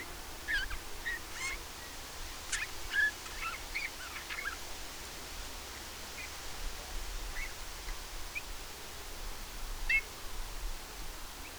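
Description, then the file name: Eurasian bullfinch giving a few soft, short whistled notes at scattered intervals, with frequent sharp clicking sounds over a low background rumble. "Pyrrhula pyrrhula"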